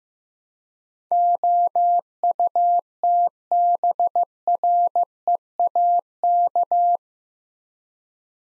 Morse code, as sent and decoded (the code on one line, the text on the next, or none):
--- ..- - -... .-. . .- -.-
OUTBREAK